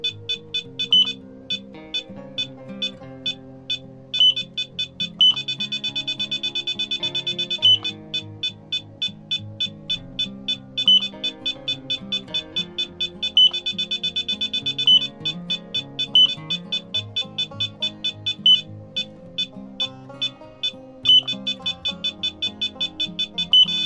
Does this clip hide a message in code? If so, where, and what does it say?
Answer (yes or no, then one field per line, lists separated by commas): no